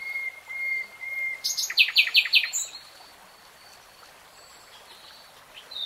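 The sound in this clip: Nightingale song: soft level whistles, then a sudden burst of harsh rapid notes and trills, followed by quiet with faint whistles.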